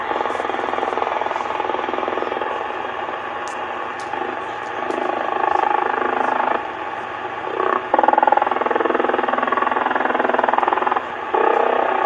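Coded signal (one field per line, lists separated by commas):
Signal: radar signal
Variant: over-the-horizon radar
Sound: steady rapid buzzing pulse train, like a rough motor, through radio hiss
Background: radio static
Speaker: that little clip there was from my icom in the house i've heard that sound before somebody else on youtube had put it up like four years ago and it sounds like an over the horizon radar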